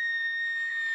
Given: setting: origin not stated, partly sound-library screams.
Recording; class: one-second piece from a danger detection set; woman in danger